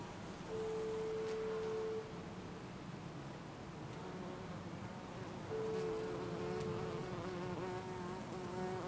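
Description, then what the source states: Bee buzzing, a steady humming tone heard twice, each lasting about a second and a half, over faint continuous background hiss. Bees in a garden on a sunny summer day in Jette, Belgium; recorded with Sony PCM-D100 internal microphones in wide position.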